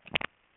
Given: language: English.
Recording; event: throat vibration sensor signal played as sound; swallow